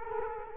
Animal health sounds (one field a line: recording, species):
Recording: mosquito wingbeat signal from an infrared sensor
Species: Culex quinquefasciatus